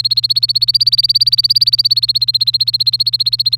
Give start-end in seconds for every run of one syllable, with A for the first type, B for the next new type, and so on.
0.00-3.56 A